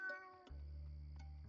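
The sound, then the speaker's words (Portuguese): A single short, high-pitched cat meow with clear harmonic tones, followed by a steady low rumbling drone that continues to the end. “O Ibe tem um gatinho igual a você.”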